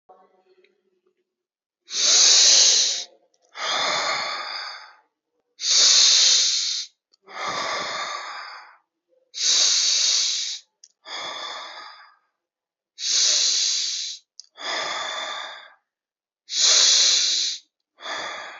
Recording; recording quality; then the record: deep breathing; excellent, no background noise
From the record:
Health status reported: exposed to COVID-19, no respiratory illness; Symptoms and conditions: sore throat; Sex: male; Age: 42 years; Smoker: not ticked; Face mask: not worn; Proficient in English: yes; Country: India